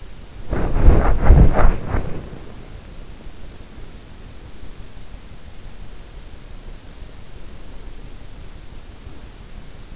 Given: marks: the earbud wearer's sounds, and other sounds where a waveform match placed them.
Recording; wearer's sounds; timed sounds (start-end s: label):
sounds in sleep by an in-ear microphone; body movement
0.00-2.91 s: body movement